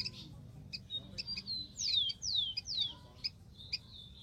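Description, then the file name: Rufous-collared sparrow singing three loud, high whistles that each slide sharply downward, set among scattered short chips and faint twittering. "canto do tico tico"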